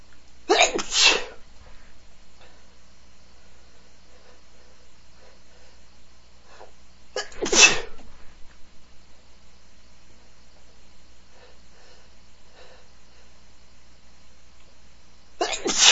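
Three sharp, explosive sneezes from an adult man, roughly seven seconds apart, against a quiet background.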